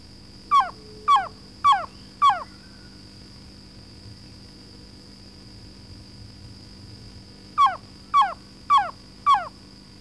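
Mountain trogon calling: a series of four down-slurred notes, evenly spaced about half a second apart, repeated again after a five-second pause, over a steady hum.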